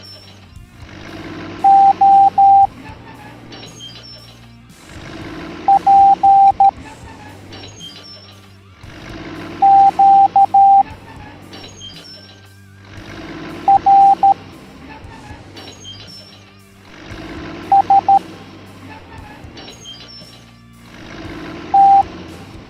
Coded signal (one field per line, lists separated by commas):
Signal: Morse code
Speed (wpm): 13 wpm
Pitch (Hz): 790 Hz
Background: music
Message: O P Q R S T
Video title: Monster Concrete Truck Teaching the Morse Code Alphabet Educational Video for Kids